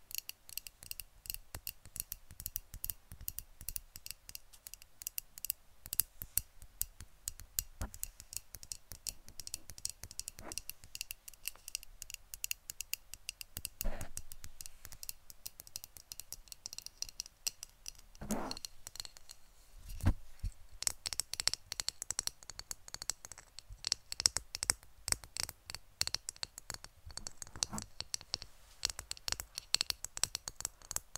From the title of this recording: ASMR Best Tapping